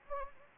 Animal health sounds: mosquito wingbeat signal from an infrared sensor; Anopheles gambiae

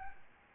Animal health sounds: mosquito wingbeat signal from an infrared sensor; Aedes albopictus

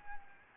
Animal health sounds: mosquito wingbeat signal from an infrared sensor; Anopheles gambiae

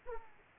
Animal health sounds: mosquito wingbeat signal from an infrared sensor; Aedes aegypti

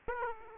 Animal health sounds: mosquito wingbeat signal from an infrared sensor; Aedes aegypti

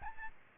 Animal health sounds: mosquito wingbeat signal from an infrared sensor; Aedes albopictus

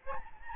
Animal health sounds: mosquito wingbeat signal from an infrared sensor; Aedes albopictus

